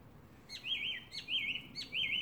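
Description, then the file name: Song thrush singing one phrase repeated three times, a wavering whistled motif near the upper-middle range introduced by a brief higher note, with faint low background hum. "Drozd pevchij - Zvuki pevchego drozda"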